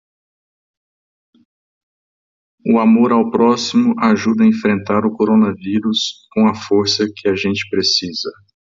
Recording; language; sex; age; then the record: spoken sentence; Brazilian Portuguese; male; 50 to 59 years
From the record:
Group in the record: control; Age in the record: 53 years